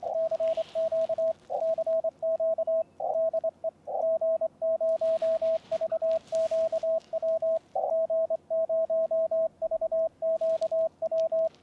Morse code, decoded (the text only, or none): CQ CQ DE G0VQW G0VQW